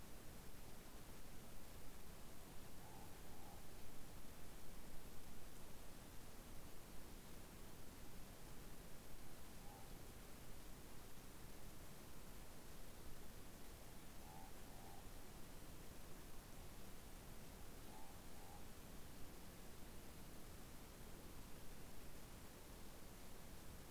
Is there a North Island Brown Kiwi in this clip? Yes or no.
no